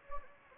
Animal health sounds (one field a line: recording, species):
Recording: mosquito wingbeat signal from an infrared sensor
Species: Anopheles gambiae